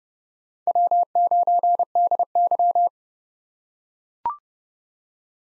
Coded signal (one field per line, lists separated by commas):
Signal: Morse code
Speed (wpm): 30 wpm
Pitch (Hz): 700 Hz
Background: none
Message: W9DY